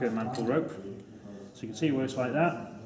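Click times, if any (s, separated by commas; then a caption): none. The metal side plate of a D4 rope rescue descender is being handled over the rope, ready to swing closed into its locked position, while someone talks throughout. No click is heard, and nothing has seated or clicked yet by the end of the clip.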